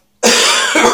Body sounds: coughing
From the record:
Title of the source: Spring Cold Coughing 2

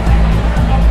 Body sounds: background sound without coughing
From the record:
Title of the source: Party Noise 1 Hour Party Ambience

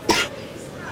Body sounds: coughing mixed with background sound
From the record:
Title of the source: 55 gaggy wet cough

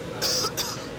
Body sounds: coughing mixed with background sound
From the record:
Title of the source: November cold (wet coughing)

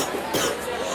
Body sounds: coughing mixed with background sound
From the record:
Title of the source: 34 coughing up crap again

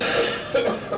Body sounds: coughing mixed with background sound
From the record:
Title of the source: Cough Around the Clock!

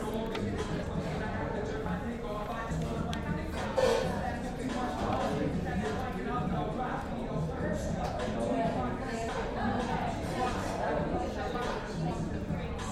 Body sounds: background sound without coughing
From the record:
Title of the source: 60 minutes of coffee shop sounds for study and concentration

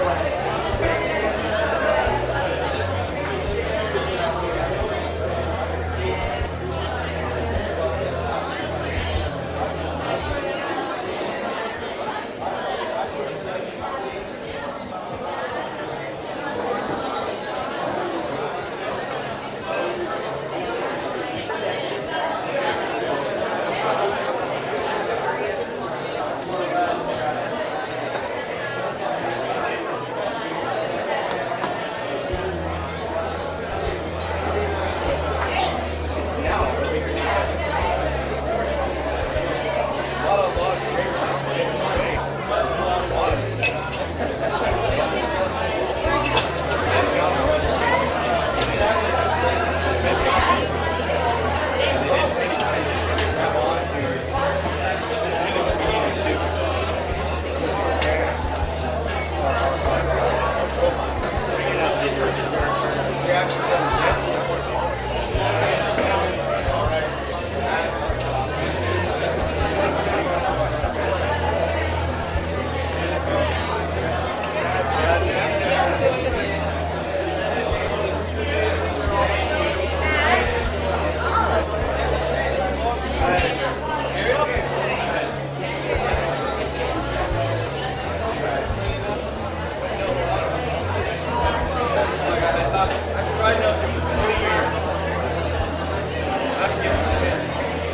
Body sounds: background sound without coughing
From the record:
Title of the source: CITY SOUNDS Busy Bar in the Evening Night - 2 HOURS of Ambiance for Relaxation

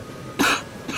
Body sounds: coughing mixed with background sound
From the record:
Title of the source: 64 coughing, allergies, singing lungs

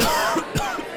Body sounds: coughing mixed with background sound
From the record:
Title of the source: Coughing 51

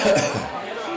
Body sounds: coughing mixed with background sound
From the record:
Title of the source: Spring Cold Coughing 3

